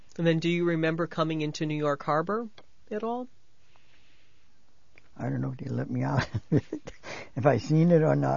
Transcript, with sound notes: And then do you remember coming into New York Harbor at all?
I don't know if they let me out. ( he laughs ) If I seen it or not.